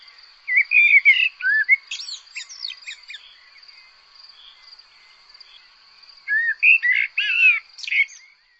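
Bird calls: a chattering burst of twittering, slurred notes, a quieter stretch of soft chips, then another loud burst of warbling notes, with a steady high insect-like whine throughout.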